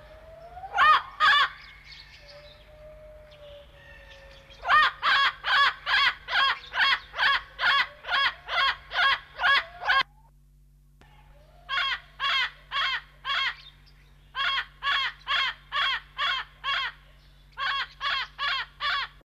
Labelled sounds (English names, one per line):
Festive Amazon call